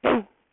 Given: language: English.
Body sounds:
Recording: throat vibration sensor signal played as sound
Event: throat clearing

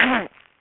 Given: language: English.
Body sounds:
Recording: throat vibration sensor signal played as sound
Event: throat clearing

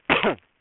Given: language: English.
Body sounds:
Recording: throat vibration sensor signal played as sound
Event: cough

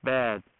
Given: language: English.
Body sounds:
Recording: throat vibration sensor signal played as sound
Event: speech

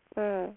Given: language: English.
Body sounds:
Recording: throat vibration sensor signal played as sound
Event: speech

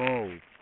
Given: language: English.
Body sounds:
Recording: throat vibration sensor signal played as sound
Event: speech

